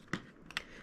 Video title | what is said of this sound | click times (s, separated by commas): Giveaway ready Centy Toys Unboxing Swift Car School Bus Tata Trucks in Telugu Gamer World | ఈ door అయితే చూడండి guys, ఇక్కడ ఇది lock అయ్యింది. | 0.6 s